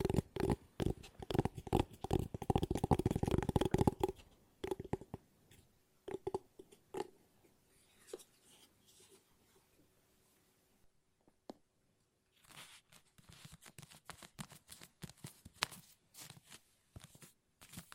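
Fast tapping in dense, rapid bursts fills the first four seconds, with a ringing tone under the taps. After that the taps turn sparse and scattered, with short gaps of near silence, then pick up again as quicker, lighter clusters from about twelve seconds on.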